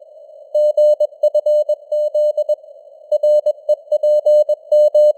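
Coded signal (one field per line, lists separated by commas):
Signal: Morse code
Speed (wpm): 21 wpm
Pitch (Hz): 600 Hz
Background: none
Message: GFZ REPM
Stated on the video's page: Morse news headlines at 21 wpm with simulated radio noise and varying signal strength (QSB).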